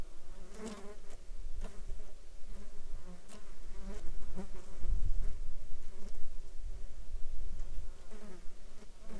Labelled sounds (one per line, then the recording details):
insects
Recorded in the Arctic National Wildlife Refuge, Alaska, on 16 July 2019 at 09:48
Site 35